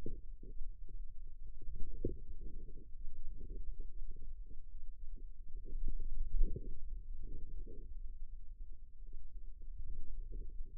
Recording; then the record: forearm muscle sounds (acoustic myography)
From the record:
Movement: inward rotation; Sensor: system 2, bracelet of six BSWA MPA416 microphones around the upper forearm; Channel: 6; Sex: female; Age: 22 years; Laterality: right